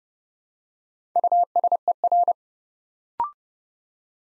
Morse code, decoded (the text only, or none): USER